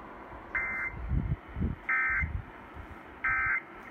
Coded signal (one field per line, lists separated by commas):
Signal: Emergency Alert System (SAME) tones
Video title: FIRST PDS TORR...IN FEBRUARY?! EAS Compilation (2/24/18) (EAS 556-565)